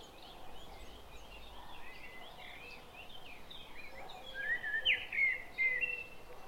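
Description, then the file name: Common blackbird giving a clear, mellow warbled phrase near the end, after several seconds of faint mixed birdsong. "Turdus merula"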